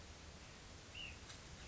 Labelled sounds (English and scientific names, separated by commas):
Ash-throated Flycatcher (Myiarchus cinerascens)